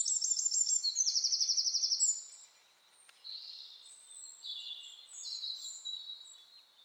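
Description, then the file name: Eurasian wren song: a loud, very high, rapid rattling trill for two seconds, then softer tumbling high warbles and short trilled phrases. "Troglodytes troglodytes"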